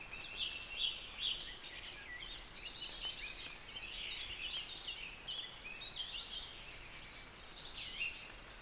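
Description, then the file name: Eurasian wren song: a dense, high jumble of quick twittering notes over steady background hiss. "Troglodytes troglodytes"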